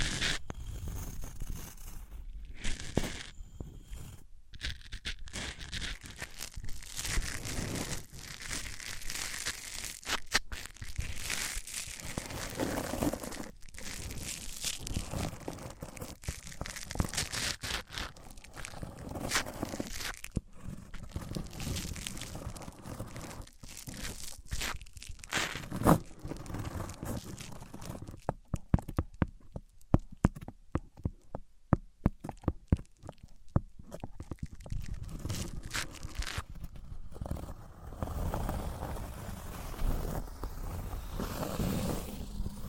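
Objects of wood, cork, sponge, foam, glass and plastic are handled with dense crinkly scraping and rubbing, turning into sharp rapid clicks around thirty seconds.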